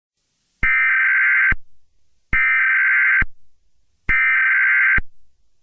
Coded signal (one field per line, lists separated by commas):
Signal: Emergency Alert System (SAME) tones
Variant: header bursts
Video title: EAS Scenario - Wah Wah Springs